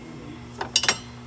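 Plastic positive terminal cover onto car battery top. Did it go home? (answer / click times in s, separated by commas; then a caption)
yes / 0.6 s, 0.8 s. The plastic cover over the positive battery terminal on a 2016-2019 Chevy Malibu is pushed back on until its two side clips snap onto the battery top. Two sharp plastic clicks land at 0.6 s and 0.8 s, with a further tick at 0.9 s, over a faint steady low hum. The cover is seated.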